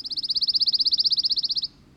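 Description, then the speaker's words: Pine Warbler song, a sweet steady trill of quick repeated notes running for roughly one and a half seconds before ending abruptly. Song is a sweet-sounding trill of about two seconds; lives year round in pine forests of the southeast U.S. and Caribbean islands. "listen for its song, a sweet-sounding trill of about 2 seconds."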